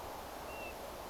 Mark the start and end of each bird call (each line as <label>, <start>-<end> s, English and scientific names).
European Golden Plover (Pluvialis apricaria), 0.47-0.72 s